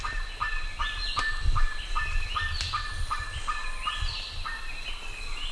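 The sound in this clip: Bird calls, evenly spaced short notes mixed with upward-sweeping higher calls and soft low rumble.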